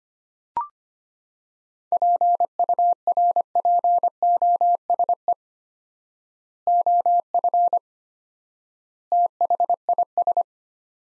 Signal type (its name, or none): Morse code